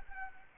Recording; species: mosquito wingbeat signal from an infrared sensor; Anopheles arabiensis